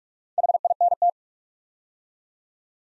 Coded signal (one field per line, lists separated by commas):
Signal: Morse code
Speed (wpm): 44 wpm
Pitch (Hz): 700 Hz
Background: none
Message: HINT